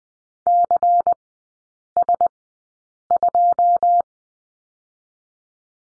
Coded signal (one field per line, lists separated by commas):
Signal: Morse code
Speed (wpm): 20 wpm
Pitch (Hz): 700 Hz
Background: none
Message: CS2